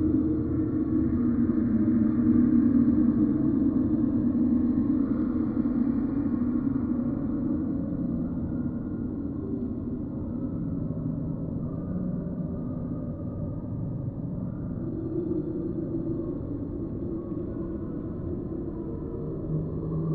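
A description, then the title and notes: Wind roars steadily through a forest, a dense, deep rumble that is strongest in the first seconds, then eases slightly and holds even. Spooky Windy Forest Ambient Sounds.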